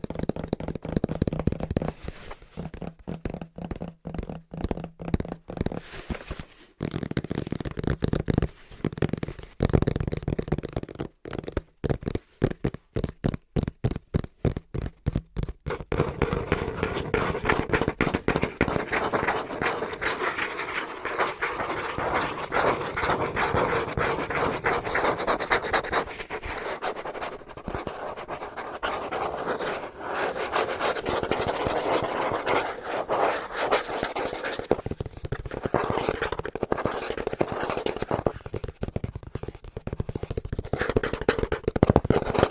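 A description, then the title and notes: Fast, rhythmic tapping on a cardboard box, crisp separate taps early on, then after about fifteen seconds a dense, continuous rattling flurry. ASMR Tapping (Fast & Rhythmic) On Cardboard Box (No Talking).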